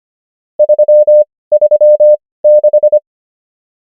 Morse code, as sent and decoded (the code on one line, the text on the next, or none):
...-- ...-- -....
336